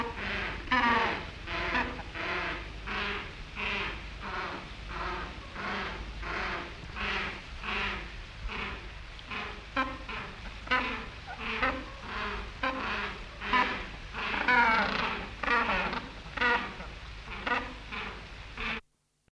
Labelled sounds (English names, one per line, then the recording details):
Humboldt Penguin call
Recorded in captivity
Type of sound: call
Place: Zoo Nürnberg, Bayern, DE
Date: 1977-08-23
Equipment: Halbspur, 9,5 cm/s
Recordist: Lütgens, Hans
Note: Rufe